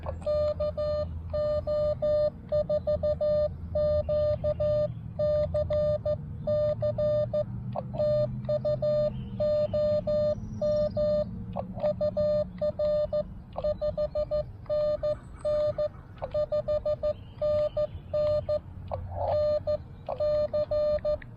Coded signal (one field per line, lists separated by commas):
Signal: Morse code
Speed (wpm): 15 wpm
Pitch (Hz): 600 Hz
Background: none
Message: KO4QCC TU OM UR 5NN 5NN NC